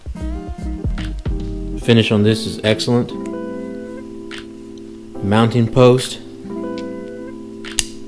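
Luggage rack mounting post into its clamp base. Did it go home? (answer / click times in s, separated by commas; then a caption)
yes / 7.8 s. Someone talks over background music while the metal mounting post of an adjustable Kuryakyn Multi-Rack luggage rack, installed on an aftermarket Tour Pak, is pressed into its clamp mount. A sharp snap is heard at 7.8 seconds as the post seats in the clamp.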